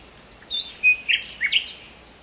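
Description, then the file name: Common nightingale song phrase: a short run of varied notes, a pure flat whistle, then rich scratchy and descending notes in quick succession. "Luscinia megarhynchos"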